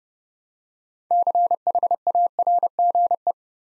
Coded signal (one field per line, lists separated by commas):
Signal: Morse code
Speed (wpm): 30 wpm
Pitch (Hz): 700 Hz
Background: none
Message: CHARGE